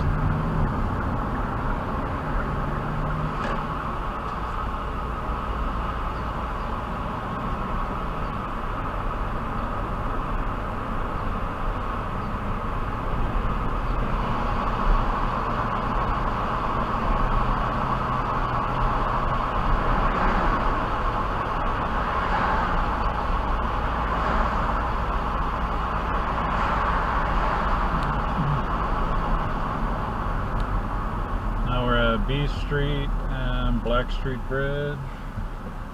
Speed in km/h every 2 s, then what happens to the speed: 24, 39, 47, 47, 45, 45, 45, 45, 47, 47, 45, 42, 40, 42, 40, 32, 21, 16.
0-4 speeds up to 47. 4-19 steady at about 45. 19-23 slows to 40. 23-28 steady at about 40. 28-36 slows to 16.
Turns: none.